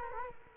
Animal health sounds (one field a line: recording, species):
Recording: mosquito wingbeat signal from an infrared sensor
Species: Culex quinquefasciatus